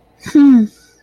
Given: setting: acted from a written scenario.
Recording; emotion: vocal sound without words; adoration